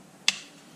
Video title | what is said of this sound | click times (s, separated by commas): A Complete Instructional Video on a 300 TPI Crank Case Pressure Sensor Removal and Assembly | That should snap into place over those years, right? | 0.3 s